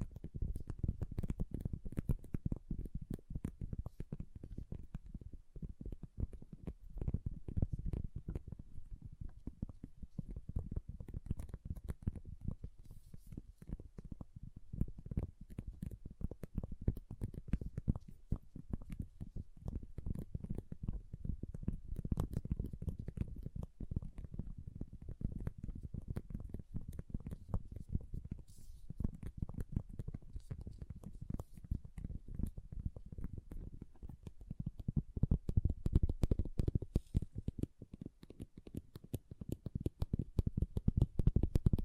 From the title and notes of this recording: ASMR Relaxing Pixel Art Beads ( No Talking).